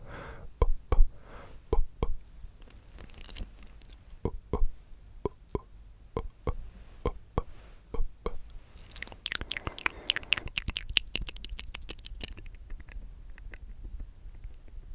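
Mouth sounds: wet clicks, pops and smacks land in a loose, fairly quick rhythm through the opening eight seconds. Around nine seconds they turn brighter and denser, a rapid crackly run of sharp clicks until about twelve, then fainter scattered ticks to the end.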